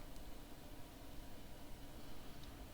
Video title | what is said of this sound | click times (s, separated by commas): Let's build the 4+ Lego Ninjago- Dragon's Rising 71853 Jay's Dragon Mech Fight! Was clearance find? | I didn't hear it snap down. So, I'm like, "Wait a second." | none